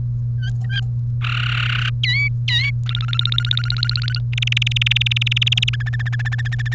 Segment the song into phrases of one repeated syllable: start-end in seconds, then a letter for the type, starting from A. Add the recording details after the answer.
0.38-0.80 A, 1.22-1.89 B, 2.03-2.70 C, 2.86-4.18 D, 4.33-5.69 E, 5.73-6.74 F. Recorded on 30 April 2018 at 17:02. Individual llb3